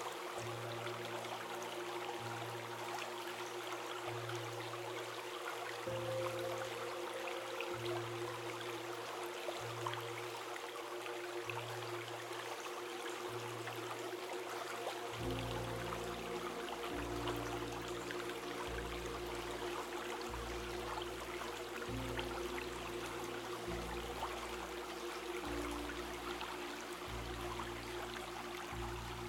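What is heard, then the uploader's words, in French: A gentle river flows steadily beneath calm music, whose low notes change in regular blocks and grow fuller after the midpoint. Le doux son d'une rivière s'écoulant et une musique calmement orchestrée.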